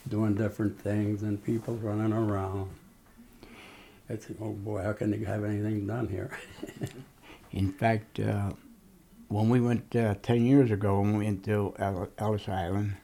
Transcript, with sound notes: doin' different things and people running around. I said, oh, boy, how can they have anything done here. (He laughs.)
In fact, when we went ten years ago, when we went to Ellis Island,